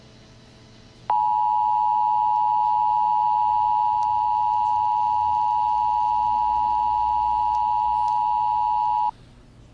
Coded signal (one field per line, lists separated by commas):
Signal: Emergency Alert System (SAME) tones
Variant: 853 and 960 Hz attention tone